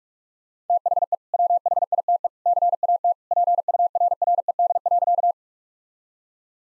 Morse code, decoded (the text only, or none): THE WHITE CAT PURRED.